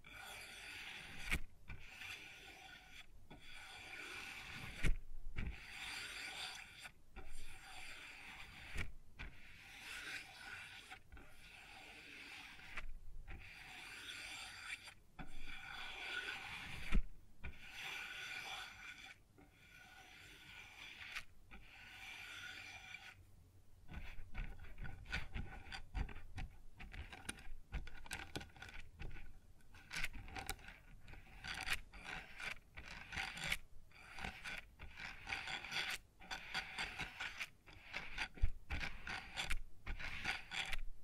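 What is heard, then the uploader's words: Rubbing and scraping on a wooden surface, steady rough strokes broken by frequent brief pauses, growing choppier and more clattery after about twenty-four seconds. ASMR Sounds on Wooden Surface (No Talking).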